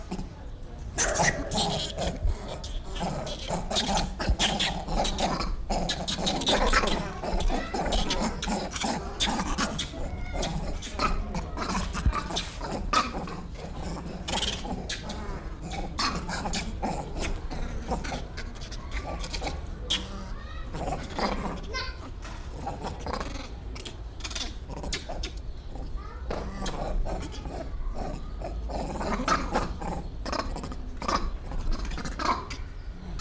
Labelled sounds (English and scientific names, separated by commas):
Grivet (Chlorocebus aethiops) call